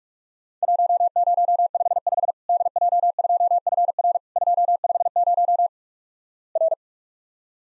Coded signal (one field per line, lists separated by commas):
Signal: Morse code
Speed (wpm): 46 wpm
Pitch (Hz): 700 Hz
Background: none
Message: 1055 DJ2FR 250 R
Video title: Worked All Europe DX Contest QTC Exchange 45wpm